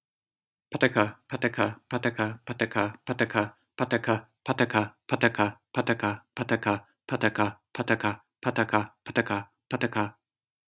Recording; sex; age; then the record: repeated syllables /pa ta ka/; male; 30 to 39 years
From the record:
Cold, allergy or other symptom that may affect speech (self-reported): no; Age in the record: 38 years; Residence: Michigan, United States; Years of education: 18